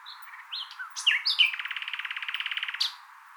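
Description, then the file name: Common nightingale song: a few scattered whistled notes, then a sharp slurred pair leading into a fast, even rattling trill lasting over a second. "Luscinia megarhynchos"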